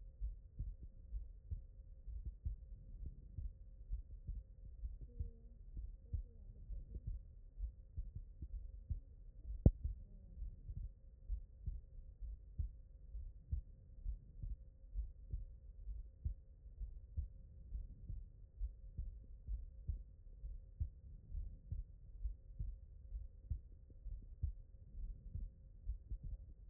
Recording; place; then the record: heart sounds by stethoscope; mitral valve (MV)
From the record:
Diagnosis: non-HFrEF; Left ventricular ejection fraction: 60%